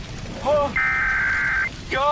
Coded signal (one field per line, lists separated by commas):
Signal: Emergency Alert System (SAME) tones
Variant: header bursts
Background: speech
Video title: EAS Scenario Sins: REVIVED - EPISODE 1: RISING HEAT